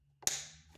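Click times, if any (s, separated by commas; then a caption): 0.3 s. A plastic fitting on a mini greenhouse seed starter lid is lined up and pushed until it pops in. A soft contact sound comes just before a sharp, bright click at 0.3 s that rings off over about half a second, followed by a faint tap near the end. The part snaps into place and is seated.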